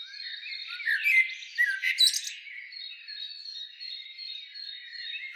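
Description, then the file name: Common blackbird: harsh squawky notes and short chattering bursts early on, followed by softer, quieter notes. "Turdus merula"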